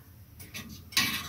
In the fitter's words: slide it back in there until it clicks